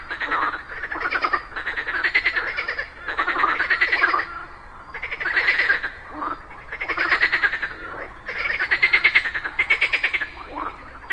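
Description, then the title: Frogs croaking in a group, loud rattling pulsed bursts separated by brief quieter gaps. A group of frogs calling together in chorus just after daytime rain. "Just after it rained during the day, a group of frogs happily cooperated perfectly, creating a symphony of nature."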